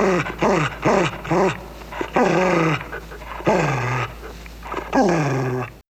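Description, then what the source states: Dog whining in a series of tonal cries, the later ones drawn out and falling in pitch. Panting with some whining.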